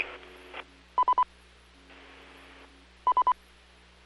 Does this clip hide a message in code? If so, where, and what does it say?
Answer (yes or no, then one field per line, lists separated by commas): no